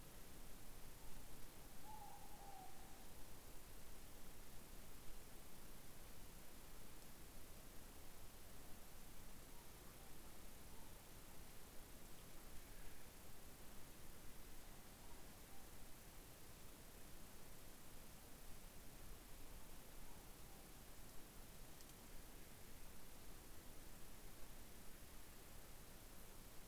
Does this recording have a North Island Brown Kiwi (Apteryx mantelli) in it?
no